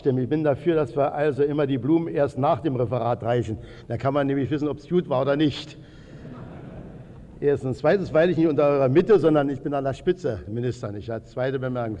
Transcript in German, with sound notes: Ich bin dafür, dass wir also die Blumen immer erst nach dem Referat reichen, dann kann man nämlich wissen ob es gut war oder nicht. [Lachen im Publikum] Erstens. Zweitens weile ich nicht in eurer Mitte, sondern ich weile an der Spitze - Minister, nicht wahr. Zweite Bemerkung.